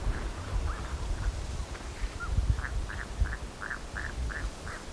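Bird calls: short hoarse notes repeated rapidly in the second half, with scattered softer notes before them and a constant low rumble.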